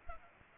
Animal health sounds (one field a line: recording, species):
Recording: mosquito wingbeat signal from an infrared sensor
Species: Culex pipiens